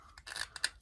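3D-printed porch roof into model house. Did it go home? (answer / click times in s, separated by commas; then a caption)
no / none. A 3D-printed plastic porch roof is pressed into its recess on a model house, giving a few short scraping, rubbing contacts. The roof sets in but does not lock into place; it just sits there, and nothing has clicked or seated.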